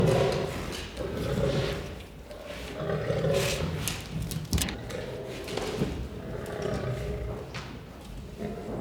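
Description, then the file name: Lion growls: low, gravelly rumbles in several swells that rise and fade. Growling and roaring. "Het grommen en brullen van een leeuw - Beeld en Geluid"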